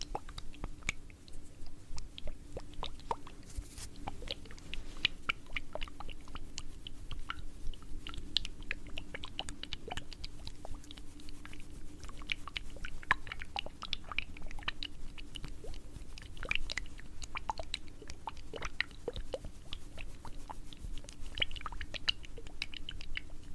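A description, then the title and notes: ASMR tapping: quick, irregular clicks and taps scattered densely across the whole clip, some crisp and bright, others softer. A low steady hum runs underneath throughout, with a brief louder burst of scratchy noise near four seconds. Blue yeti microphone. Asmr tapping.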